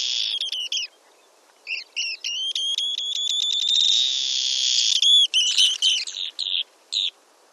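Western sandpiper calls: high, thin chirps in a quick stuttering series, merging into a sustained shrill tone, then breaking into sharp separate notes.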